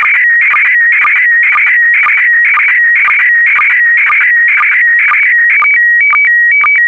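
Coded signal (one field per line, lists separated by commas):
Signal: SSTV (slow-scan television)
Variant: PD120 mode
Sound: warbling, buzzy tone scanning up and down with a steady ticking rhythm twice a second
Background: radio static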